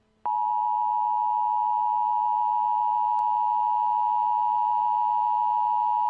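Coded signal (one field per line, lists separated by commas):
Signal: Emergency Alert System (SAME) tones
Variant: 853 and 960 Hz attention tone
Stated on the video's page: A fictional EAS scenario; the tones may be loud.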